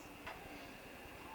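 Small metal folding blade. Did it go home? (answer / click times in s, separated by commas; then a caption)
yes / 0.3 s. A child pulls the blade of a folding pocket knife out with a fingernail, and at 0.3 s there is a short, sharp click as the blade snaps into its open locked position in the handle. A low, steady background hum continues throughout.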